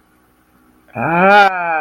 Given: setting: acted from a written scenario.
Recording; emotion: vocal sound without words; desire